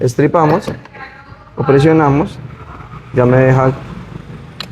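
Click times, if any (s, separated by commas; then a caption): 4.6 s. Someone talks while the release on the keyless knob panel of a 2024 Yamaha Aerox 155 scooter is pressed to open the fuel/trunk access. A sharp click at 4.6 s is heard as the under-seat trunk latch lets go, and the trunk is released.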